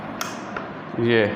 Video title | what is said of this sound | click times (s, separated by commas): diana 54airking .22 full reveiw in urdu | ये देखें, ये टक टक की आवाज़ आती जाएगी और ये साथ साथ लॉक होती जाएगी। | 0.2 s, 0.6 s